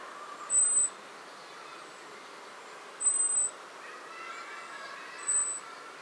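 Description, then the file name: Eurasian blackbird giving thin, very high, drawn-out level whistles, three in six seconds. "Turdus merula"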